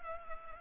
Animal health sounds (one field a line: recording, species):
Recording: mosquito wingbeat signal from an infrared sensor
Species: Culex pipiens